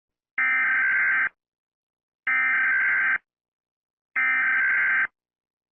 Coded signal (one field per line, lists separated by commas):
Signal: Emergency Alert System (SAME) tones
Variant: header bursts